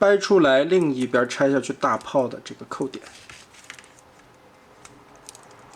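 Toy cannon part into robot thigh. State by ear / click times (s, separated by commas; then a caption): not seated / none. Someone talks while transforming a toy robot, removing the cannon part's attachment point and handling it toward the robot's thigh. Light plastic handling taps follow around 3.7, 4.9 and 5.3 seconds. Nothing has seated or clicked into place yet.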